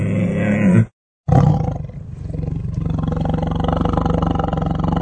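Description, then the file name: Tiger roar: a deep, rumbling, sustained growl with a short silent break near the start, then a steady low roar continuing to the end. "tygrys"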